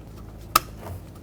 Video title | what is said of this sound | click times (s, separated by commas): How to Replace Combination Switch 2007-2009 Saturn Aura | Make sure they both click into place, otherwise they will get disconnected. | 0.6 s